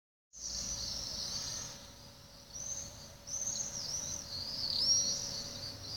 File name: Common swifts Hubala residetials in Tomaszow Mazowiecki, Lodz Voivodeship, Poland